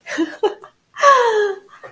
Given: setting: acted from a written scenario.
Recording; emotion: vocal sound without words; ecstasy